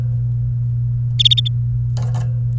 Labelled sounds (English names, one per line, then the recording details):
Domestic Canary song
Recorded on 29 April 2018 at 11:02
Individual llb3